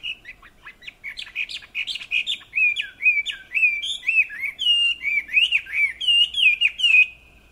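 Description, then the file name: Chinese hwamei song, a rich, continuous stream of looping whistles and sharp chirps, each phrase varied and repeated, closing with a long whistle. "Garrulax canorus"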